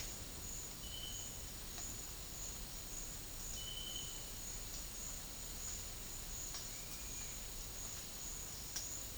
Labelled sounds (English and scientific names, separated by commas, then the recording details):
none
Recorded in dense forest near Puerto Asís, Putumayo, Colombia, on 4 March 2025 at 10:30
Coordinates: 0.484, -76.325
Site G045